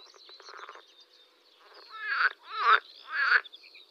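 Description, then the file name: Water frog croaks: a soft pulsed rattle, then three loud, harsh, grating croaks about half a second apart, each with a rough buzzy tone. "zelena zaba"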